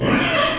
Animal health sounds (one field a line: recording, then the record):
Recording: squeal of a Yucatan mini pig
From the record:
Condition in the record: before surgery on the right vocal fold (resection and tissue-engineered implant)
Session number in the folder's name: 2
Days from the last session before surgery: 0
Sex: male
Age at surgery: 12 weeks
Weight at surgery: 13 kg